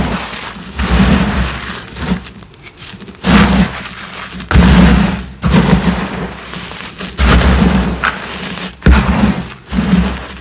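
Chalky cubes are being crushed and crumbled in repeated bursts, each crunch a gritty, crackling rush with a low thud underneath. Louder squeezes land around 3, 4.5, 7, and 9 seconds, with quieter powdery crumbling and brief pauses in between.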